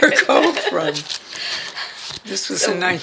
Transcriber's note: laughter